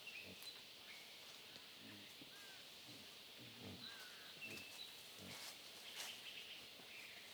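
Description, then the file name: Wild boar making several short low grunts spaced a second or so apart, among faint clicks and rustles, over a steady high hiss. Family group of wild boars feeding on acorns in Huairou District, recorded 11 August 2022. "2022-08-11-0713-Wild-Boar-family-feeding-on-acorns-Huairou-District"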